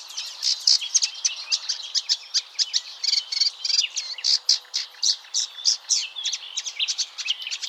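Warbler delivering a quick, steady series of high, bright chirps and twittering notes, repeated in rapid succession throughout.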